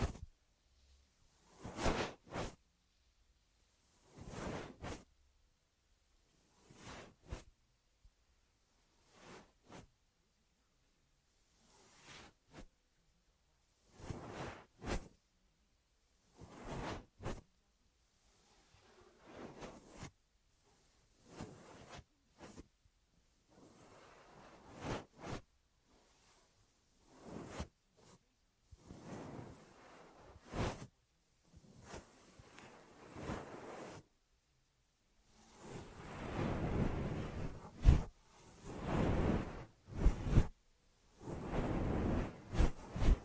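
Close, soft swishing and brushing strokes against the ear arrive in regular bursts every few seconds, growing longer and louder near the end.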